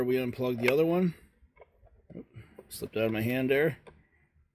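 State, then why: Not seated. Someone handles the plastic male and female halves of the wheel motor wiring plug next to its mating connector in a Husqvarna 115H Automower robotic mower during a wheel motor replacement. Someone talks at the start and end, with faint small handling ticks between about 1.6 and 2.6 s. Nothing has seated or clicked yet: the plug is not pushed fully together and the small locking tab on top has not snapped into place.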